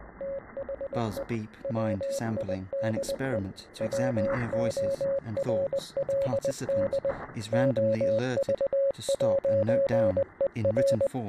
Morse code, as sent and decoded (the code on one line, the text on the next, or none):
- .... . / .-- .. -.. . / .-- --- .-. .-.. -.. / --- ...- .----. . .-.
THE WIDE WORLD OV'ER